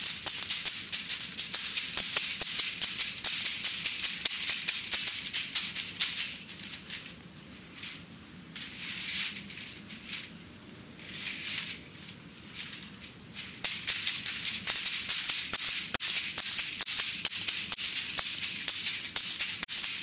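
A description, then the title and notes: A bamboo massage, heard as a dense, bright rustling and crackling with quick tapping clicks throughout. The activity thins out into sparser clicks with short quiet gaps in the middle stretch before returning to full, busy texture near the end. ASMR Chinese Bamboo Massage.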